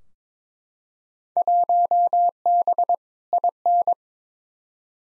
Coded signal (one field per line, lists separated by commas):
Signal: Morse code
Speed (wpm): 22 wpm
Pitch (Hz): 700 Hz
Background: none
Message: 1B IN